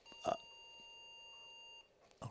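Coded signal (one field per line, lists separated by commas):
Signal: beep code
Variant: IBM PS/2 POST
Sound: a thump, then one long steady beep of about 1.5 seconds, then a click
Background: clicks, small room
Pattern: 1 long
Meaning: The system cannot display video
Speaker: so we have some beeps and i don't see anything displayed on the screen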